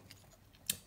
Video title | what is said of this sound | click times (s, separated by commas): Transformers Kingdom Core Class Starscream | together and just tapping that in it's a nice soft tabs you should hear it click a little bit | 0.7 s